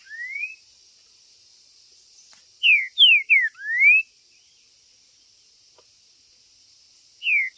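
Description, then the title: Green-winged saltator song: a rising whistle, then after a pause a loud phrase of three falling slurs and a rising one, another phrase starting at the end. Chirping, singing and territorial calling in a contest. "TRINCA Piando, Cantando E Macheando Na DISPUTA"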